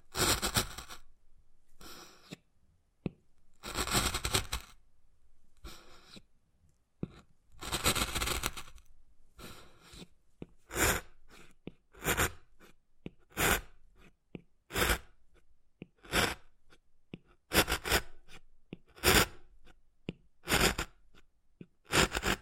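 Wood carving sounds: a run of sharp scrapes and taps on wood, each a short bright burst with silence between. Early on the strokes are longer, rasping scratches; after about ten seconds they turn into quicker, clipped taps at a fairly regular pace.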